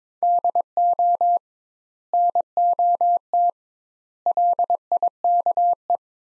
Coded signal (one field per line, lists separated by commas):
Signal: Morse code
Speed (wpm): 22 wpm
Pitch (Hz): 700 Hz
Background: none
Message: DO NOT LIKE